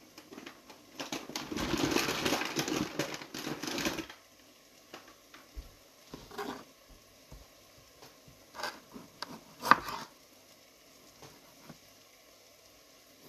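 Frying onions crackle in a dense hissing burst for the first four seconds, then scattered clicks and short scrapes follow over quiet.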